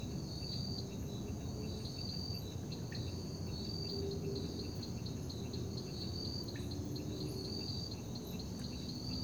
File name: Ambiencia parque da liberdade a noite com grilos, morcegos, som de gota dagua e transito longe